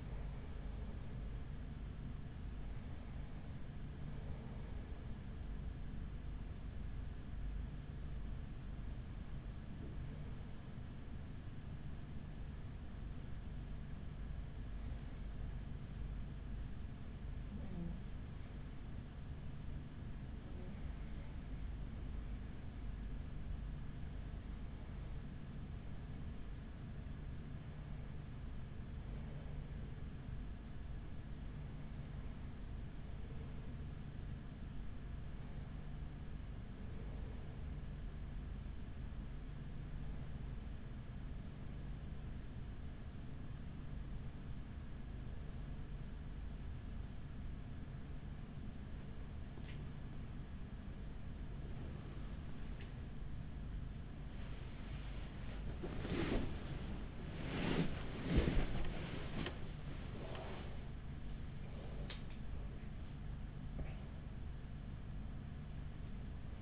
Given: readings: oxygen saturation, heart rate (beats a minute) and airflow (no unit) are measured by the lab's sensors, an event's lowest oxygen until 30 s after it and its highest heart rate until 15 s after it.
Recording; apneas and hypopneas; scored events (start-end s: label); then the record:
breathing in sleep by a smartphone at the bedside; 1
7.00-53.00 s: hypopnea (REM, oxygen 96% highest, then 94% lowest, heart rate 51 at the start, 76 highest)
46.00-66.62 s: new sleep stage, awake
47.00-66.62 s: awake
From the record:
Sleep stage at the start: REM sleep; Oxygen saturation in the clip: 94 to 97%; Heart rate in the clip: 34 to 75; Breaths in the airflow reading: 15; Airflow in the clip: -5.6 to 9.2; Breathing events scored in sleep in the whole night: 207 in 7.6 hours asleep